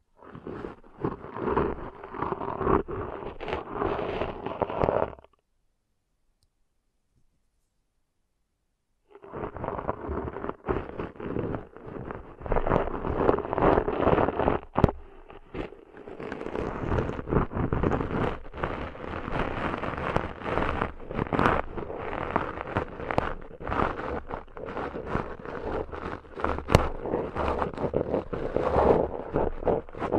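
Deep ear cleaning sounds: dense, crackly scraping and rubbing with a steady low rumble underneath, packed with quick clicks and pops. The sound cuts to silence from about 5 to 9 seconds, then resumes just as thick and busy until the end.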